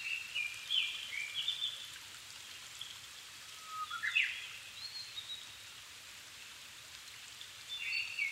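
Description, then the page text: Japanese thrush song, varied whistled phrases repeated with pauses of a few seconds, over steady rain-like background hiss. Wild bird singing in Japan, altitude 270 m; 7 May 2011 at 17:59, evening; recorded with Sony PCM-D50 and Panasonic WM-61A mic. "Turdus cardis [Sounds -Nikko Today-]"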